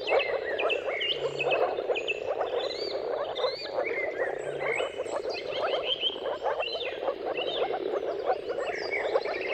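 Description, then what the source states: Moor frogs in a dense chorus of soft, bubbling low calls that never pause, with bird whistles and trills above. Moor frogs' mating calls in a chorus at sunrise, at the turn of March and April, timing depending on the weather.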